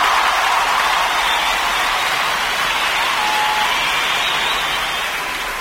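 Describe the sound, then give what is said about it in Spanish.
An audience at a spring festival applauds as a Spanish dance performance is about to begin, a dense, steady wash of clapping that holds for several seconds before easing slightly at the end, with no voices over it. “¡Aplaudamos más fuerte! ¡Pongámonos de pie!”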